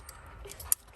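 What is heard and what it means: A plastic wiring harness connector on a 2003–2007 4-cylinder Honda Accord is pushed into its mating connector during a starter replacement. Faint ticks and rustles lead up to one sharp, bright click at 0.7 s as the connector latches and seats.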